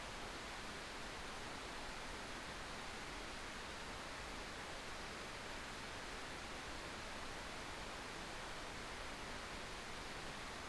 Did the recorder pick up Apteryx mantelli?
no